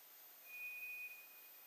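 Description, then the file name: White's thrush long level whistle, thin and high, steady for most of a second, then ending abruptly, with gentle hiss behind. Recorded 2 July 2007. "toratugumi-20070702"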